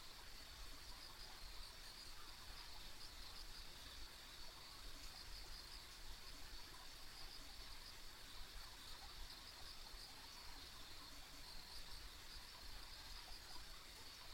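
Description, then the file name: Steady insect trilling, a thin high chorus with faint repeated pulses, running continuously above a soft rushing background. Ambient insect sounds recorded along a rural country road. "田舎道の虫の環境音"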